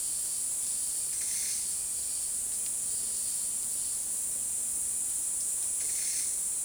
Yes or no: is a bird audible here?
no